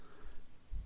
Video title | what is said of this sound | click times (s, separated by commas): The most comfortable 'Open Ear' Earbuds I've tried yet! - SoundPeat Breezy Review | So right there you heard that click, | 0.4 s, 0.5 s